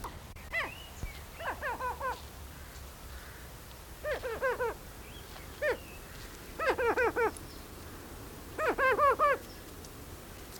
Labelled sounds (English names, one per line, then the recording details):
Greater Prairie Chicken call
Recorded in captivity
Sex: male
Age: adult
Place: Tierpark Berlin, Berlin, DE
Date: 1993-12-18
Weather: bedeckt, 2 °C
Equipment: Marantz CP 430, Sennheiser MKH 416 T, Kopie Uher Variocord 263
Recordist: Tembrock, Günter